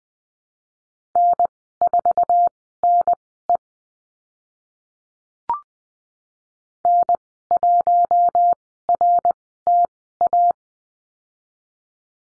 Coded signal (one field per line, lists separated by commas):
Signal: Morse code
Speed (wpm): 20 wpm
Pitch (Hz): 700 Hz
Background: none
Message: N4NE N1RTA